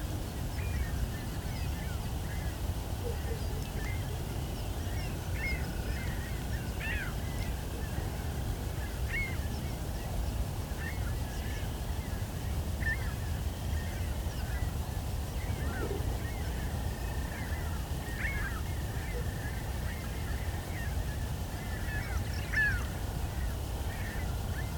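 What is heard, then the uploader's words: An evening chorus of birds fills the clip, with many short calls and chirps scattered densely throughout at mid-to-high pitch, including some honking, goose-like notes. Beneath them runs a steady low rumble that stays constant for the whole recording. Evensong. At sunset in some locations, an auditory compliment to the dawn chorus occurs.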